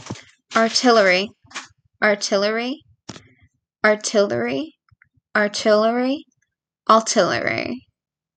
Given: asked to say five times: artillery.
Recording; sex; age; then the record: repeated word; female; 20 to 29 years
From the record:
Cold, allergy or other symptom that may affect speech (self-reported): no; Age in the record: 20 years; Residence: Pennsylvania, United States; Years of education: 14